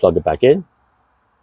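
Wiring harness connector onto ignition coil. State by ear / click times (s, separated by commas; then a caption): not seated / none. During a spark plug change on a Hyundai Kona 2.0L, the plastic wiring harness connector is being plugged back onto the ignition coil. Someone talks briefly for about the first 0.6 seconds, then the clip is nearly silent. The connector has not seated or clicked in yet.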